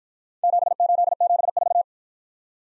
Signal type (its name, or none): Morse code